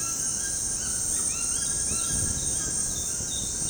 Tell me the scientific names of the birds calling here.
Ramphastos tucanus